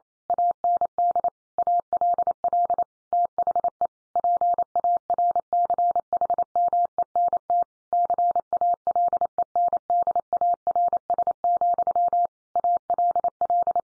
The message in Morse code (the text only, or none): AND ALL THE PARCHMENT CALENDARS, ALL